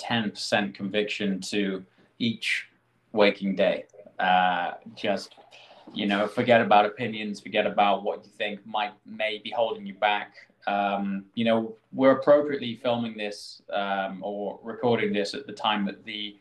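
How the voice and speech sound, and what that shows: An adult man speaks in a fairly smooth, low-pitched voice, broken by pauses and prolonged filler sounds. Brief part-word repetitions ('d-just', 'pro-pro') appear. These are mild stuttering disfluencies in a man who stammers; his speech impediment was at its worst at school and has eased with age and confidence.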